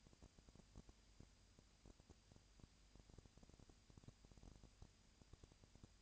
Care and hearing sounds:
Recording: daily activity, microphone in the room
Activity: no activity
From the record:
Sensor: 2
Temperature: 20.3 degrees Celsius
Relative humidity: 37.0%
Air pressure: 998.6 hPa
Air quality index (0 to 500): 236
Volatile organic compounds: 38 ppm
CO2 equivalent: 3120 ppm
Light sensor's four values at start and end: 2/3/2/2 and 2/3/2/2

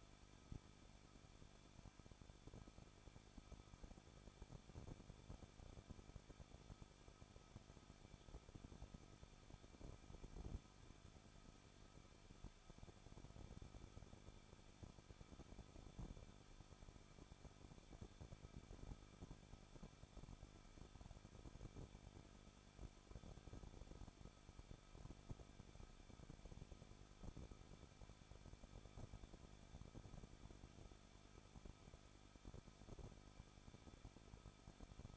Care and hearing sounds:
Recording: daily activity, microphone in the room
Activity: no activity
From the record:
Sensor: 5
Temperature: 20.8 degrees Celsius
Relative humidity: 38.3%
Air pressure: 1006.4 hPa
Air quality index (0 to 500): 190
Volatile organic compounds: 19 ppm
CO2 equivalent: 2670 ppm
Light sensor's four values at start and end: 2/3/1/1 and 2/3/1/1

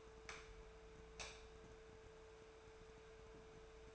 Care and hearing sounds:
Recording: daily activity, microphone in the room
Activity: light on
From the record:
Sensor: 2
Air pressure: 1014.6 hPa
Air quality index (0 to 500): 186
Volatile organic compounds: 14 ppm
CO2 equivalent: 2466 ppm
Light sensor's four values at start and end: 29/71/31/34 and 34/88/37/40

